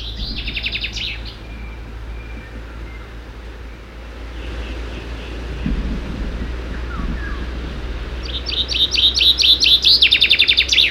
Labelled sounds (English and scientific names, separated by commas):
Common Chaffinch (Fringilla coelebs) song